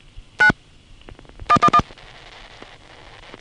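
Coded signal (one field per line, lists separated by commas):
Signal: DTMF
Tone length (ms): 70 ms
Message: 9 111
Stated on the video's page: Trunk signalling from senderized step-by-step (XY) exchanges in Manassas, 1976.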